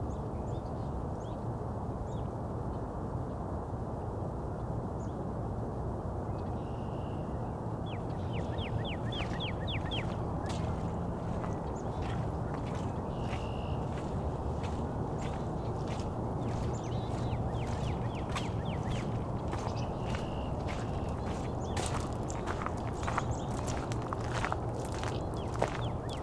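Red-winged blackbirds and other birds call over a heavy, steady low rumble that fills the whole recording. From about eight seconds on, short sharp clicks and chirps come often and irregularly, with a few brief whistled notes and a quick rattling trill.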